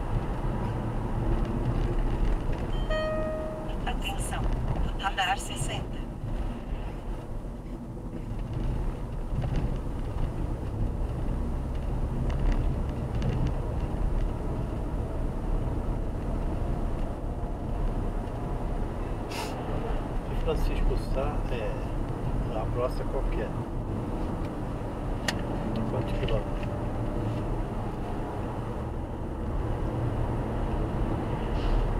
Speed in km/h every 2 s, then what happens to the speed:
72, 61, 54, 48, 50, 53, 57, 61, 64, 67, 69, 73, 77, 81, 86, 91.
0-7 slows to 48. 7-32 speeds up to 91.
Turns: none.